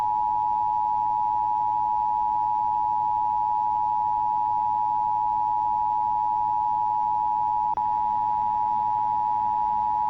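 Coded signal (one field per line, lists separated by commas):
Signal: Emergency Alert System (SAME) tones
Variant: 853 and 960 Hz attention tone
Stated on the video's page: Civil emergency message test for the annual Susquehanna PA nuclear power plant siren test.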